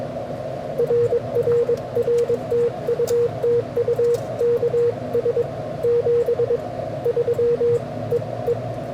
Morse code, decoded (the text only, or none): RRR TU TU KS 73 EE